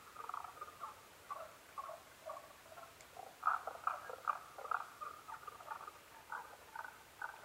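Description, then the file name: Tago's brown frog calls: soft uneven croaks throughout, building to a louder run of four quick notes midway, then softer scattered calls again. Recorded 15 May 2011 at 02:19. "tagogaeru-20110515-0219"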